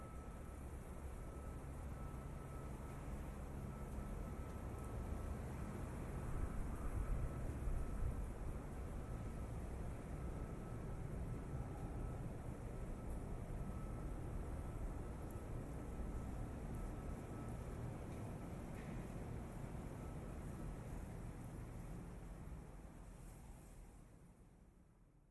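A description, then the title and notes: Walking through the streets of Tokyo, a dense, steady rumble of traffic fills the scene, heavy in the low end with a soft hiss above. A thin, constant whine runs throughout, and the whole wash fades out over the last few seconds. Walking in the streets of Tokyo, Japan.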